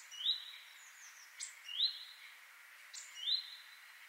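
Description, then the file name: Great tit calls: a bright rising slurred note given three times at even intervals, the later two preceded by a sharp high click, over soft background hiss. "Parus major"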